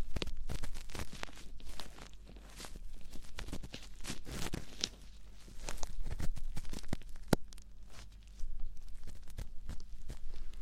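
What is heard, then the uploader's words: Ear cleaning, a dense run of crackly scrapes and rustles with a sharp click near seven seconds and brief quieter lulls. ASMR Binaural 3Dio Ear Cleaning Roleplay.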